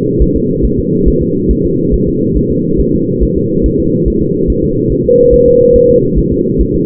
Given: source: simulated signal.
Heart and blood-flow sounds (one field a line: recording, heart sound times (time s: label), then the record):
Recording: fetal heart sounds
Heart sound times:
0.22 s: S1
0.36 s: S2
0.65 s: S1
0.79 s: S2
1.08 s: S1
1.22 s: S2
1.51 s: S1
1.65 s: S2
1.94 s: S1
2.08 s: S2
2.37 s: S1
2.51 s: S2
2.81 s: S1
2.95 s: S2
3.23 s: S1
3.38 s: S2
3.66 s: S1
3.80 s: S2
4.08 s: S1
4.22 s: S2
4.50 s: S1
4.64 s: S2
4.92 s: S1
5.06 s: S2
5.34 s: S1
5.48 s: S2
5.76 s: S1
5.90 s: S2
6.19 s: S1
6.33 s: S2
6.61 s: S1
6.75 s: S2
From the record:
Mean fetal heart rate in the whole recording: 140 bpm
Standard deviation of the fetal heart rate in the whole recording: 2 bpm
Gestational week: 34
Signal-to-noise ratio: -11.2 dB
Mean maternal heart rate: 72 bpm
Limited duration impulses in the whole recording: present